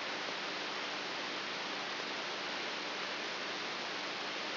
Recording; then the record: brain microelectrode recording played as sound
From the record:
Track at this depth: inside the subthalamic nucleus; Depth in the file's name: 3.84 mm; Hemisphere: right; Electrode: 3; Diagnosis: Parkinson's disease